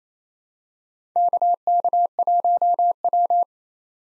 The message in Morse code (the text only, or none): KK1W